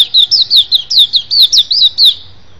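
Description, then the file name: White-eye song, a short quick burst of high, bright chirps, most of them sliding down in pitch. "suara pleci"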